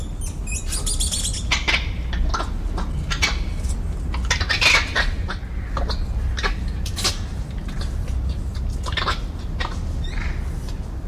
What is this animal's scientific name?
Ateles geoffroyi